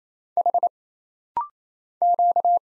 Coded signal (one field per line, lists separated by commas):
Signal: Morse code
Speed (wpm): 27 wpm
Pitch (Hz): 700 Hz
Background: none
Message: H Q